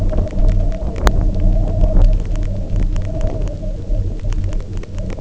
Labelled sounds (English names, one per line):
none